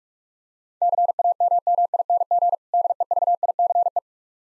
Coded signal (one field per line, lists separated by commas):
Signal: Morse code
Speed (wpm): 46 wpm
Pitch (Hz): 700 Hz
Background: none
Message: CAMMING DEVICE